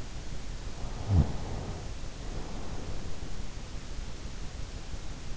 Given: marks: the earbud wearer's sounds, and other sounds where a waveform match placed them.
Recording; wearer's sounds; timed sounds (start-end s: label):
sounds in sleep by an in-ear microphone; snoring breath
0.97-3.47 s: snoring breath